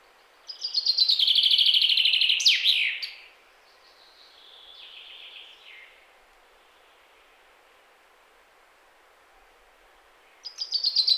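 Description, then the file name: Common chaffinch song, a rapid run of chipping notes dropping in pitch and ending in an emphatic twirl, followed by quieter song and another phrase starting at the end. "Fringilla coelebs"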